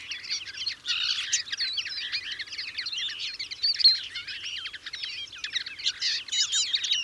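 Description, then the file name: European greenfinch twittering: a dense, continuous chatter of quick buzzy and rising chirps, with no pauses. "Chloris chloris"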